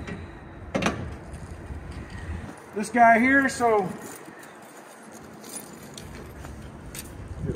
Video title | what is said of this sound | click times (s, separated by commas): Virtual Walkthrough of 2024 Cruiser RV Avenir A-17BH Bunkhouse Travel Trailer at Parkland RV Center | and slides and locks into place that's all there is for it | 0.8 s